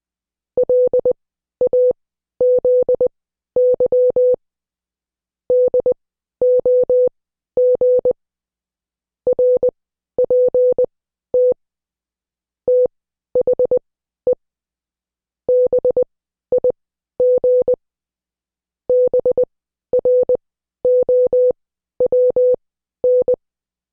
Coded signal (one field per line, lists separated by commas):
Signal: Morse code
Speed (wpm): 20 wpm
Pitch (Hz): 500 Hz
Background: none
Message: LAZY DOG RPT THE BIG BROWN